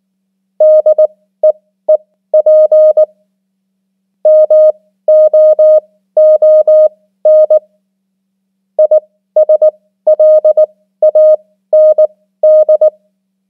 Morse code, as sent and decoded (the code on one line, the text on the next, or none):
-.. . . .--. / -- --- --- -. / .. ... .-.. .- -. -..
DEEP MOON ISLAND